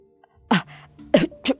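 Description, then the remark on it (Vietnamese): Three harsh, violent coughs burst out in quick succession, with a raspy sputtering hiss after the first, as a person cries out while choking and coughing hard, trying to spit out whatever is in their mouth. “Còn đang hoang mang chưa biết chuyện gì xảy ra thì một người hét lên trong lúc đang ho sặc sụa, cố nhả cho hết thứ gì ở trong miệng ra.”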